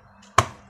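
A second screw is turned to the left in the plastic housing of a Gorenje steam iron, under repair because it no longer puts out steam. Against a quiet background, a single sharp, bright click with a low thump at 0.4 s quickly fades away. The screw has clicked into the existing thread and is seated.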